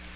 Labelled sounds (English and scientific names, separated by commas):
Magnolia Warbler (Setophaga magnolia) flight call